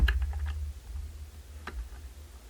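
During reassembly of a Corpuls 3 Slim defibrillator, the charging cable connector is handled at its internal socket, to be pushed in firmly because loose connectors tend to arc. Short, sharp plastic ticks are heard near 0.1 s, 0.2 s and 1.7 s over a low hum. Nothing has seated or clicked into place yet.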